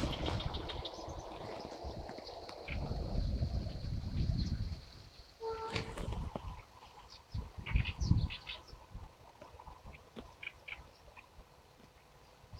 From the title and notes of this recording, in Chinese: 沙河北岸鸟鸣记录。多种鸟类的叫声和自然的声音。